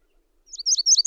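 Bird song: a brief burst of high, thin, slurred notes that start after a short silence and grow louder toward the end.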